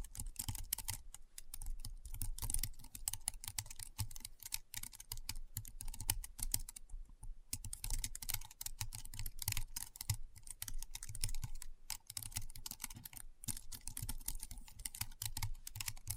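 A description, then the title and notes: Rapid, steady keyboard typing with dense clicking keystrokes, a low thump under each, and brief pauses near seven and eleven seconds. ASMR Keyboard Sounds (No Talking).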